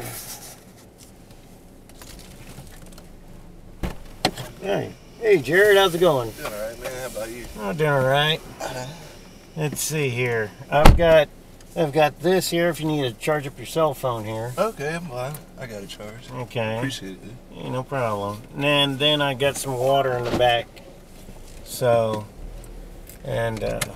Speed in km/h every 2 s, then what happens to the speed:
0, 0, 0, 0, 0, 0, 0, 0, 0, 0, 0, 3.
0-21 standing.